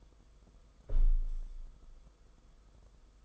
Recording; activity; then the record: daily activity, microphone in the room; close window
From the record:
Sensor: 5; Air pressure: 990.4 hPa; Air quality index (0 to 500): 162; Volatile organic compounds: 272 ppm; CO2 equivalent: 4417 ppm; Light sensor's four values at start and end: 17/41/17/18 and 17/41/17/18